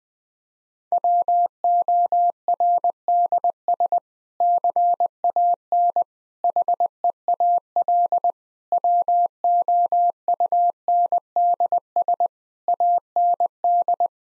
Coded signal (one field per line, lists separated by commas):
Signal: Morse code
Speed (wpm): 20 wpm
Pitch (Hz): 700 Hz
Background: none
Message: WORDS CAN HEAL WOUNDS AND